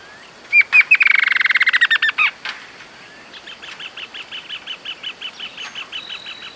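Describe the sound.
Bird calling: a rapid chattering run of sharp notes that slides gently downward, then a softer, evenly spaced series of short chirps repeated several times a second.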